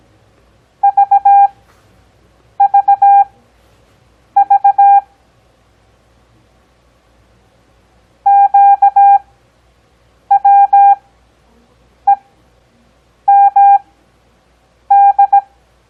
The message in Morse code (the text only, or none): VVV QWEMD